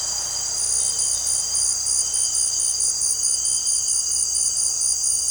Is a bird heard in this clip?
no